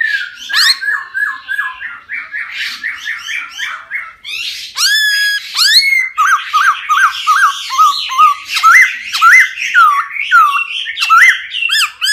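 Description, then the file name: Laughingthrush singing a continuous, varied stream of whistled and squawky notes, with rapid repeated phrases and rising, fluty slurs throughout. Song in the 'wild voice' (giọng rừng) style. "Tieng khuou hot giong rung"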